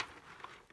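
The plastic leg bone of a Kids of America skeleton bride-and-groom animatronic figure is being held up and handled as it is raised toward its extended, full-height position. Faint plastic taps and rattles are heard, with small sharp knocks near 0.0, 0.4 and 0.7 seconds. Nothing has clicked or seated into place yet.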